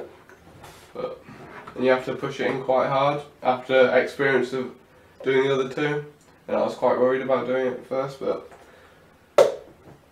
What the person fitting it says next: you hear a click when it's gone in